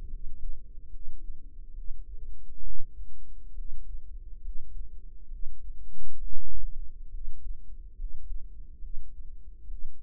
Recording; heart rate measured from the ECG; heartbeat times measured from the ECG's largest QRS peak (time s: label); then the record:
heart sounds by microphone in the right ear; 69 bpm
0.07 s: heartbeat
0.87 s: heartbeat
1.72 s: heartbeat
2.60 s: heartbeat
3.52 s: heartbeat
4.38 s: heartbeat
5.27 s: heartbeat
6.17 s: heartbeat
7.08 s: heartbeat
7.93 s: heartbeat
8.77 s: heartbeat
9.65 s: heartbeat
From the record:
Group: healthy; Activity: rest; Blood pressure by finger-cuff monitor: 112/69 mmHg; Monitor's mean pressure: 80 mmHg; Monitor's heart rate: 69 bpm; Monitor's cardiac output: 5.5 L/min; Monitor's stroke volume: 80 mL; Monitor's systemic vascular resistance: 1070 dyn s/cm5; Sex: female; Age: 22 years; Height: 171 cm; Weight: 65.6 kg